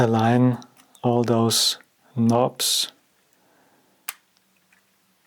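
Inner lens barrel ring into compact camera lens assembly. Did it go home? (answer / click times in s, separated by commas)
yes / 4.1 s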